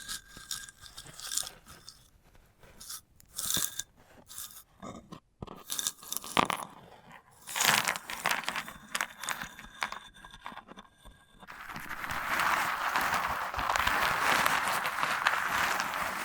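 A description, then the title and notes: A dried sunflower head is handled for ASMR, with irregular crisp crunches and scratches coming in short bursts separated by brief pauses. Around twelve seconds the sound turns into a steady, dense, bright rustling scrape that continues to the end. ASMR of a Sunflower Head (No Talking).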